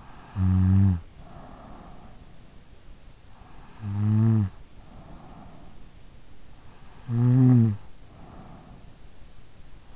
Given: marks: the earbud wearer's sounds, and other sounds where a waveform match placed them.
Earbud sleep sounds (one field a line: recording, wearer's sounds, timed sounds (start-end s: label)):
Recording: sounds in sleep by an in-ear microphone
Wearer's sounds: snoring breath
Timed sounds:
0.00-2.23 s: snoring breath
3.73-5.91 s: snoring breath
7.04-8.86 s: snoring breath